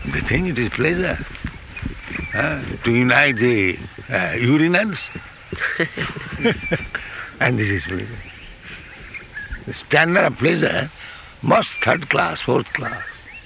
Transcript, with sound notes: They think it is pleasure to unite the urinals. [laughter] And this is pleasure, a standard of pleasure most third class, fourth class.